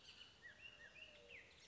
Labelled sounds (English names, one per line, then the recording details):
Bullock's Oriole
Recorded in Sonoma County, California